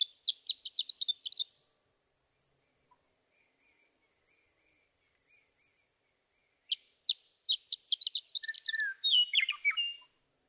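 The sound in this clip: Western meadowlark song phrases: a burst of quick bright notes, then a long pause, then a speeding series of notes ending in a descending gurgle.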